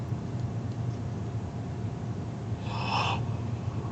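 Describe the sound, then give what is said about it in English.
A single short, fairly high cat meow rises briefly over a steady hiss and low hum, with nothing else standing out. “If I let you in, you're just going to be a noisy shit anyway. Meow, meow, meow. Meow.”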